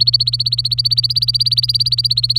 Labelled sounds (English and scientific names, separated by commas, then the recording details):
Domestic Canary (Serinus canaria) song
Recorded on 24 April 2018 at 10:38
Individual llb3